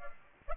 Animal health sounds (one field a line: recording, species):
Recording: mosquito wingbeat signal from an infrared sensor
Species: Aedes aegypti